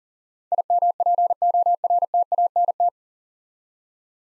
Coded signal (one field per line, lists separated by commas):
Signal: Morse code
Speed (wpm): 40 wpm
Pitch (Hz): 700 Hz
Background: none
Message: IMPORTANT